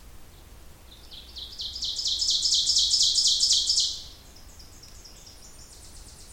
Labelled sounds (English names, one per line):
Ovenbird song